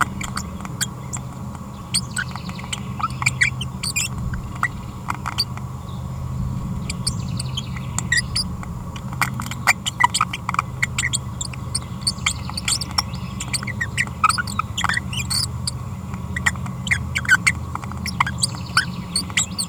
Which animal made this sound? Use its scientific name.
Forpus passerinus